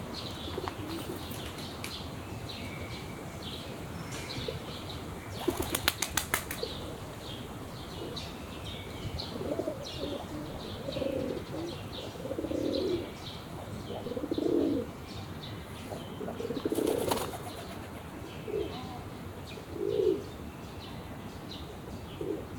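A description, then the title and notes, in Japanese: Pigeons coo softly in a park, their low, rounded calls coming in short clusters from about ten seconds onward. Sharp bursts of wing flapping break out near six and seventeen seconds, over a steady murmur of outdoor background and faint chirps. 平日の公園と鳩 – Park and pigeons。平日午後の都内の公園で録音しました、鳩が休憩したり羽ばたいていく音など長閑な？日常の音です。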